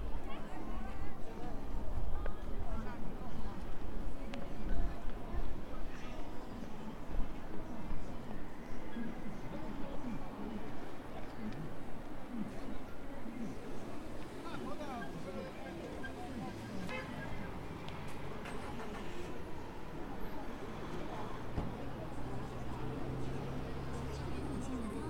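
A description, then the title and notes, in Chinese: Street sound from Zhongjie in Shenyang: a dense, steady crowd of overlapping voices with no single speaker standing out. A low rumble of traffic runs underneath, scattered footsteps and clicks come through, and a low hum joins in over the last few seconds. 沈阳，中街。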